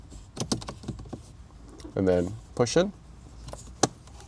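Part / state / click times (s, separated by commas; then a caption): cabin air filter access cover into the HVAC housing behind the glove box / seated / 3.8 s. On a Rivian R2, a new cabin air filter goes in behind the glove box and the plastic filter access cover is pushed into the HVAC housing while someone talks. A few light handling taps come early, then one sharp, loud click at 3.8 s as the cover latches and seats.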